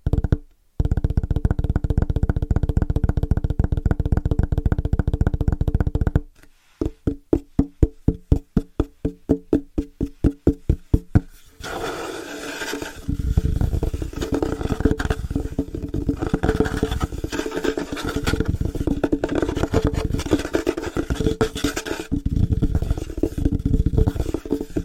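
Fast rhythmic tapping on different surfaces: a dense steady roll, a brief pause, slower distinct taps, then a brighter, scratchier stretch.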